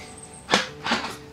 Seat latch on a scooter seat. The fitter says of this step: vespa with that press this lock button over here and you're going to hear a click